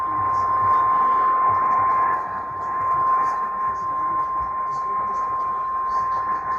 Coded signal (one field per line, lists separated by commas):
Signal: Emergency Alert System (SAME) tones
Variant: 853 and 960 Hz attention tone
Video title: EAS #841 Tornado Warning on WLAC